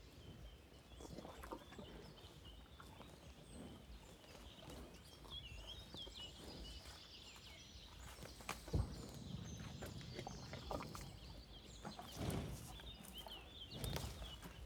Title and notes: 85420 Le Mazeau, France - A TAAAABLE DANS LES MARAIS. REPAS DE VACHE. VACHE MANGE ET SOUFFLE_MARAIS POITEVIN_09H20. En grande proximité, repas d'une vache dans les Marais. Curieuse, son souffle en proximité est fort chaleureux